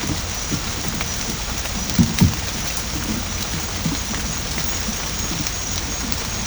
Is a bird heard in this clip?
no